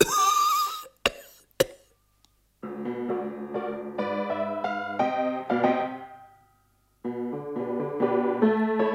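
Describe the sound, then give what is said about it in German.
A man coughs in harsh, noisy bursts with a couple of sharp hacks, then breaks into long, strained, raspy fits that rise and fall in pitch, fading briefly before another fit. “Du bist ein abscheulich hustendes Ungeheuer.”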